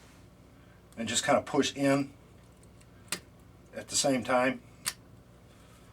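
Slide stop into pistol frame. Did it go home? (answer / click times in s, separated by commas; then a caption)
yes / 4.9 s. During reassembly of a Canadian-made Inglis No. 2 Mk I* 9mm High Power pistol, the steel slide stop (slide lock) is pushed into the frame while being twisted as someone talks. A sharp tap is heard at about 3.1 s, and the slide stop clicks into place with a single sharp hit at 4.9 s.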